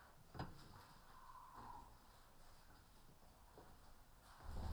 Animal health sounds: poultry house recording; healthy chickens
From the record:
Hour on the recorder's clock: 14

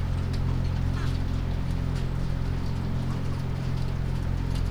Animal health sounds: poultry house recording; sick chickens (respiratory disease)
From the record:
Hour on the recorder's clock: 1

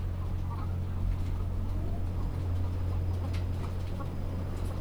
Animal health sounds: poultry house recording; sick chickens (respiratory disease)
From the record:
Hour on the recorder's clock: 17

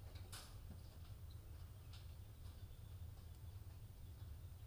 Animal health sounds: poultry house recording; healthy chickens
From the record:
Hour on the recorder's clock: 23

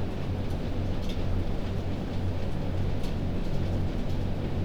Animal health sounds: poultry house recording; no chicken sound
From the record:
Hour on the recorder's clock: 22

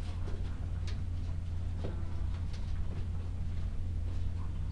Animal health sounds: poultry house recording; sick chickens (respiratory disease)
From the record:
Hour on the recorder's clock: 12

